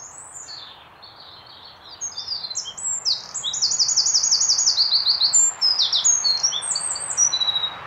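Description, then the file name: Eurasian wren song, a loud, very high, rapid run of trills and sharp notes pouring out for several seconds over steady rushing background noise. "Troglodytes troglodytes"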